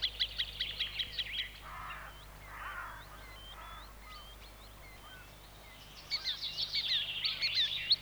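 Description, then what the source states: Green Sandpiper calls, bursts of high whistled notes at the start and again near the end, with softer, lower blurred calls in between. Field recording.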